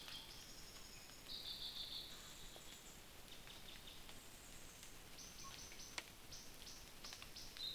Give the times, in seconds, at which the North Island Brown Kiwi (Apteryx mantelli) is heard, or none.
none